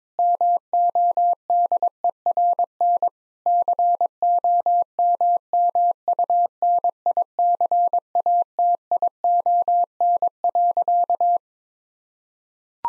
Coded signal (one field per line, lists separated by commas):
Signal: Morse code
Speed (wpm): 22 wpm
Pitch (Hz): 700 Hz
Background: none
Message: MODERN COMMUNICATION.